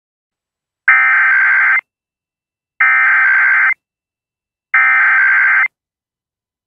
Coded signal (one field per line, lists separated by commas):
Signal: Emergency Alert System (SAME) tones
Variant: header bursts